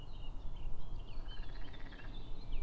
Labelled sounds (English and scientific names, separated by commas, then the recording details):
Eurasian Blackcap (Sylvia atricapilla)
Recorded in Germany
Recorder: ecoPi